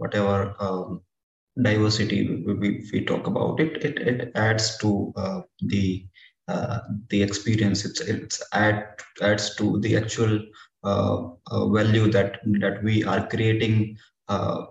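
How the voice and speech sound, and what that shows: Adult man speaking with repeated words and syllables, stretched sounds and pauses, consistent with stuttering.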